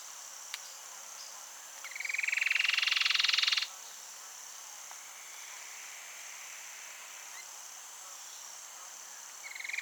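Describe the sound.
Cherrie's antwren gives a rapid rattling trill of nearly two seconds that climbs a little in pitch. A second trill starts just at the end, with a constant thin high hum behind.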